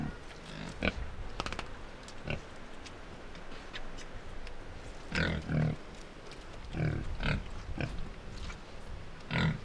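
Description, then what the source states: Pig grunts, irregular rough bursts with a stronger run of grunts midway and another burst near the end, some clicking sounds early on. Two pigs grunting and squealing by the river at Iruya, Northwest Argentina.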